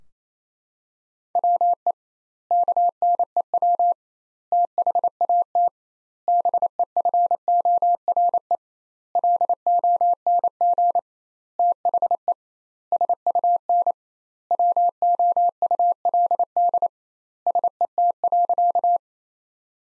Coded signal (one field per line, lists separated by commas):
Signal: Morse code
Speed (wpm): 28 wpm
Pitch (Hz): 700 Hz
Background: none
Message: WE KNEW THAT BEFORE LONG THE SUN WOULD SET.